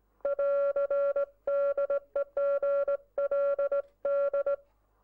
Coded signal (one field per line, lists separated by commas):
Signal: Morse code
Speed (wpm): 18 wpm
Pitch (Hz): 560 Hz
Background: music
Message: <AR> DE GLD